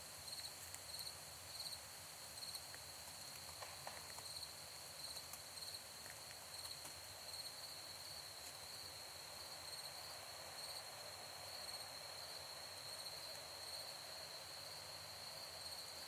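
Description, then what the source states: Cricket chirps come as brief high pulses at irregular intervals above a constant high-pitched drone and broad hiss. Crickets in Ontario; the recording is reimagined (processed) as a musical piece.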